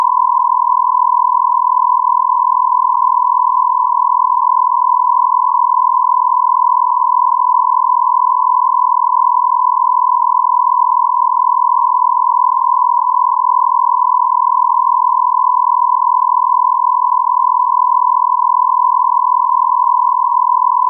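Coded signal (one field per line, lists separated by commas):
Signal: radio time signal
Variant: Beta, RJH77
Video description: 09:46 : On-off (40 Hz)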